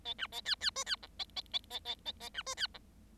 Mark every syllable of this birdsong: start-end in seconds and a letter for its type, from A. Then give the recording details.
0.05-0.14 A, 0.18-0.27 B, 0.32-0.41 A, 0.45-0.55 C, 0.60-0.70 C, 0.75-0.84 D, 0.86-0.96 C, 1.02-1.07 E, 1.19-1.24 A, 1.36-1.41 A, 1.53-1.59 A, 1.70-1.79 A, 1.85-1.95 A, 2.05-2.12 A, 2.20-2.29 A, 2.34-2.43 B, 2.46-2.55 D, 2.57-2.67 C, 2.74-2.79 E. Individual Bird7